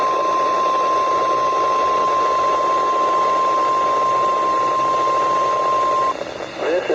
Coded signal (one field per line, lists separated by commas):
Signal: Emergency Alert System (SAME) tones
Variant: 1050 Hz attention tone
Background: speech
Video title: When The Phone Line Is Down | EAS Tests From 3/9/2022 (EAS #1,351-1,354)